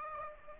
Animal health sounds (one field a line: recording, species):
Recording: mosquito wingbeat signal from an infrared sensor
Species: Aedes aegypti